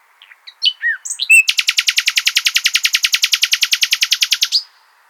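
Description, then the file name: Common nightingale song: a few varied whistles, then a long, dense rattle of rapidly repeated notes lasting about three seconds. "Luscinia megarhynchos"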